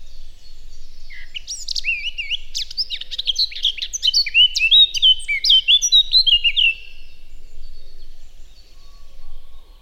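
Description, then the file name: Eurasian blackcap giving one sustained warbling phrase of rapid, varied chattering and clear whistled notes, followed by quiet. "Sylvia atricapilla"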